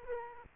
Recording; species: mosquito wingbeat signal from an infrared sensor; Aedes aegypti